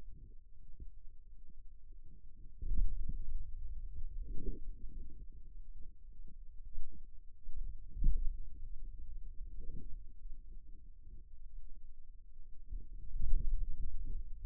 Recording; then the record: forearm muscle sounds (acoustic myography)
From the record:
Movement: finger pinch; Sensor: system 2, bracelet of six BSWA MPA416 microphones around the upper forearm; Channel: 5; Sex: male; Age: 22 years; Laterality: right